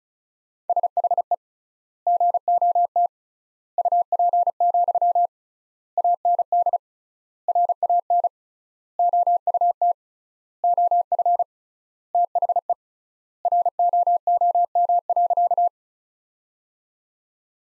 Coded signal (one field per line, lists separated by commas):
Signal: Morse code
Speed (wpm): 34 wpm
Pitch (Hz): 700 Hz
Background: none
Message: SHE GOT UP, AND RAN OUT OF THE ROOM.